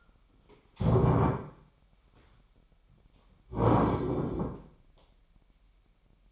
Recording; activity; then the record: daily activity, microphone in the room; stand up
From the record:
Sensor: 1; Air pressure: 998.5 hPa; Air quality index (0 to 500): 122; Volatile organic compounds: 3 ppm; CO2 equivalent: 1452 ppm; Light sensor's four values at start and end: 9/23/9/11 and 9/23/9/11